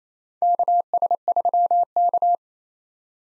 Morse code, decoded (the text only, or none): KS3K